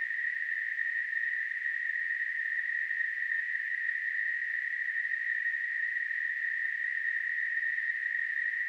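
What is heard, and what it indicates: A continuous simulated tinnitus sound.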